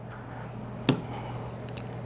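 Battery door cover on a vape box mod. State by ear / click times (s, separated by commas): seated / 0.9 s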